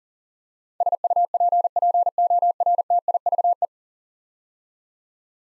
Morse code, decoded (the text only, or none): SUPPORTIVE